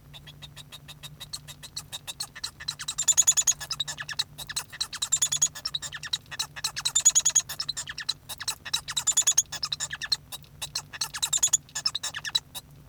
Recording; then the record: song of a male Bengalese finch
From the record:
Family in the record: son of father 1